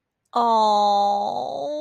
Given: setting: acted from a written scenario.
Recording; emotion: vocal sound without words; adoration